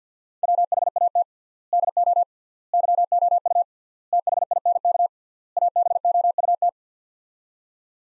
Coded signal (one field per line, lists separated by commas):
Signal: Morse code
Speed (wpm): 50 wpm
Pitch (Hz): 700 Hz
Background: none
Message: WHAT DO YOU THINK ABOUT